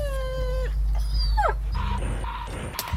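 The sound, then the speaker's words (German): Dogs eager for offered food whimper in high, thin whines: a long steady whine first, then shorter cries that slide up and down in pitch, over a constant low rumble with no talking. “Die Hunde standen total auf unser Futter.”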